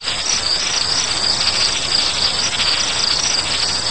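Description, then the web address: Insect calling with a steady, shrill, high-pitched buzz that pulses slightly and runs without a break, over a soft background hiss. "anasyn caracalla thesis antognini insects"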